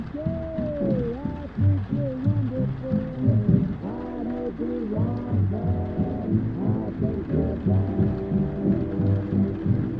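Oldies music plays from another room, muffled so that only the lower part comes through: a sung melody with bending notes over a steady bass line and backing chords. A soft, even hiss of rain runs underneath throughout.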